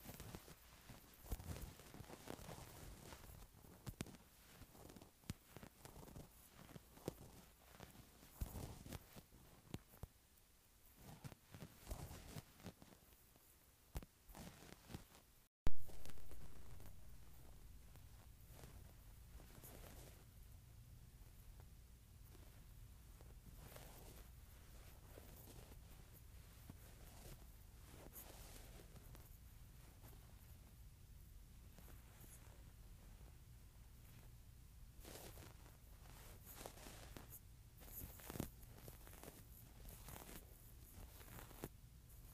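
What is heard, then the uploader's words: A wool shirt is handled, its fabric rubbing and rustling in dense, irregular scuffs for the first fifteen seconds. After a brief break and a sharp knock, movements turn quieter and sparser over a low steady hum, with another flurry near the end. ASMR Wool Shirt.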